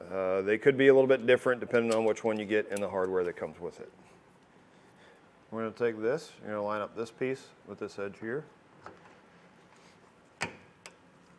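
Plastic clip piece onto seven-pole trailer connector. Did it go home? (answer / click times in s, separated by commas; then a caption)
yes / 10.4 s. Someone talks while a plastic clip piece is lined up with an edge of a seven-pole trailer connector during a Redarc Tow-Pro Liberty brake controller installation on a 2017 Ford Transit T350. The piece is pushed on, and a sharp click at 10.4 s shows it is seated, followed by a fainter tick at 10.9 s.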